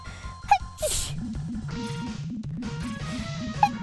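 A single sneeze: a short voiced, falling-pitched intake, then a sharp hissing burst about a second in. Music with a steady beat plays quietly underneath, and a faint chime sounds near the end.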